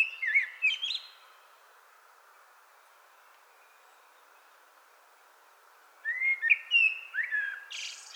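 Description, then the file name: Common blackbird song: a short mellow warble with a high chittering ending, then a long silence before another fluted phrase and a sharp, high squeak. "Turdus merula"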